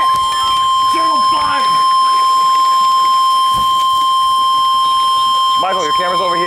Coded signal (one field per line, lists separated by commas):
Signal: Emergency Alert System (SAME) tones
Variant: 1050 Hz attention tone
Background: speech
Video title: EXCESSIVE PERIODIC HEAT WARNINGS...EAS Alerts from 8/11/21 (EAS #6,004 - 6,030)